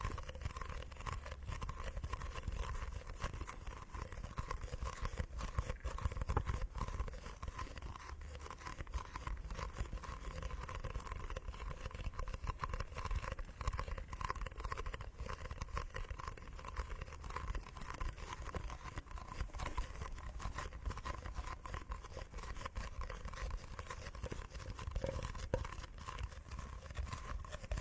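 Wooden massage tools are worked steadily, giving a dense stream of fast, irregular clicks and scraping textures across the whole clip. A constant low rumble and a faint steady hum sit underneath, and the loudness barely changes from start to finish.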